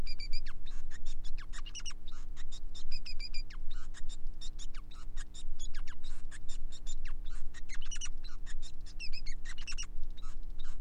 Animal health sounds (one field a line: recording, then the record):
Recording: song of a male Bengalese finch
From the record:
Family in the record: son of father 5